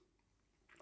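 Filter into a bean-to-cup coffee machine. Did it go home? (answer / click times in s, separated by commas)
yes / 0.7 s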